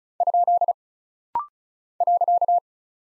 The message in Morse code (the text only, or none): ? .